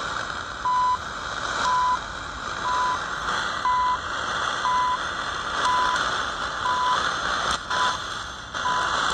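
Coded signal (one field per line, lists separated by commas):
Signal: radio time signal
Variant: CHU Canada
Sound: short 1 kHz beeps once a second, nine beeps through hiss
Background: radio static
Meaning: Each tone pulse marks one second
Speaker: so I like the fact that it goes down to three megahertz like I'm getting right now THU on 3330 kilohertz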